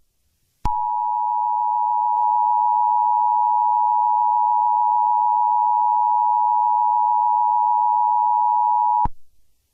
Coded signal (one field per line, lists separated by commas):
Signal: Emergency Alert System (SAME) tones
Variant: 853 and 960 Hz attention tone